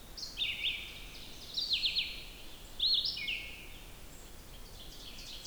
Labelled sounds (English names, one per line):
Red-eyed Vireo song